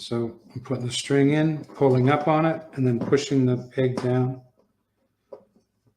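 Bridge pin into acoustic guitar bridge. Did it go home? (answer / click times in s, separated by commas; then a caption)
no / none. Someone talks while a string end is put into the bridge hole of an acoustic guitar and pulled up, then the bridge pin (peg) is pushed down into the wooden bridge. A faint, brief tap is heard at 5.3 s after the talking stops. Nothing has seated or clicked into place yet.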